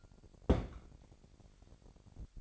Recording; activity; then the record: daily activity, microphone in the room; place on stove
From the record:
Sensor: 5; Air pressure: 1012.2 hPa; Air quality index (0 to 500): 238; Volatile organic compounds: 4 ppm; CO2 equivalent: 1579 ppm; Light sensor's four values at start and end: 51/115/50/54 and 52/118/51/55